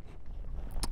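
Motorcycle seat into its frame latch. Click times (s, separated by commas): 0.8 s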